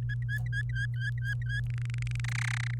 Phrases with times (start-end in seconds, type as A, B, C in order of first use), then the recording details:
0.02-1.60 A, 1.70-2.25 B, 2.28-2.74 C. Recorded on 28 April 2018 at 06:00. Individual llb3